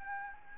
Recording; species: mosquito wingbeat signal from an infrared sensor; Anopheles gambiae